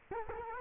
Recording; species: mosquito wingbeat signal from an infrared sensor; Culex quinquefasciatus